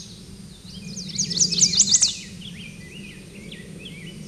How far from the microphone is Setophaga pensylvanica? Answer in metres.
about 10 m